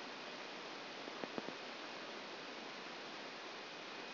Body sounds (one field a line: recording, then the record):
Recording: brain microelectrode recording played as sound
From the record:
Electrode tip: outside the subthalamic nucleus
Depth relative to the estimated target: -8 mm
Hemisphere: left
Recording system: AlphaMap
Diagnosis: Parkinson's disease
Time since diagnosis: 10 years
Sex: female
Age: 63 years